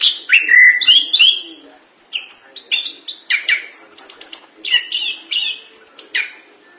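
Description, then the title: Thrush delivering short varied song phrases of whistles, scratchy chattering notes and buzzy bursts at a quick, uneven pace. "burung anis"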